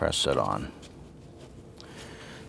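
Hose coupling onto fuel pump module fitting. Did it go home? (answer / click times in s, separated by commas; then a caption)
yes / 1.8 s. A hose coupling is pressed onto the fitting of the fuel pump module of a 2010–2019 Ford Taurus 3.5L V6 while someone talks briefly at the start. After the talk fades to a quiet background, a short sharp click at 1.8 s marks the coupling locking on, and it is confirmed locked.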